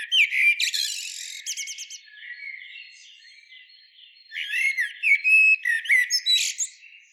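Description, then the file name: Eurasian blackbird song with two phrases: a squeaky, twittering opening, a pause with faint notes, then a second run of whistled notes and high chirps. "Turdus merula"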